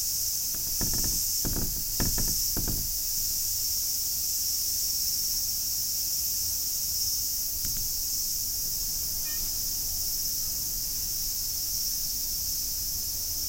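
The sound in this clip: Cicada buzz running continuously at a high pitch; a cluster of loud knocks early on, then faint taps later.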